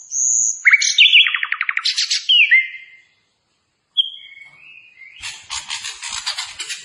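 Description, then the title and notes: Hill blue flycatcher song: a high whistle, a rapid descending trill and sliding whistles, a second of silence, then thin notes and a dense pulsing rustle. Clear song with the sound of trickling water, used for training (masteran). "Masteran Sikatan Kipas Suara Jernih Dan Suara Gemericik Air. Suara Burung Sikatan Londo"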